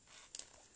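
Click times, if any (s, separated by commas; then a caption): 0.3 s, 0.4 s. A plastic zip tie is pulled tight around the back of a wreath-making board and pops into a hole in the board. Two short, sharp clicks are heard at 0.3 and 0.4 seconds over a faint background hiss. The zip tie is seated in the hole.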